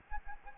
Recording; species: mosquito wingbeat signal from an infrared sensor; Anopheles arabiensis